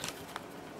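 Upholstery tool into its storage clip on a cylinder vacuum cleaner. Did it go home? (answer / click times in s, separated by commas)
no / none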